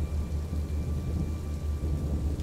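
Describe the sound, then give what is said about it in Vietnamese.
Heavy rain pours down outside a house near midday, growing heavier, in a dense, steady hiss, with a deep rumbling roar underneath that holds constant throughout. No one speaks. “Bên ngoài mưa càng lúc càng to hơn, không gian trong nhà tối mịt, mặc dù mới gần giữa trưa.”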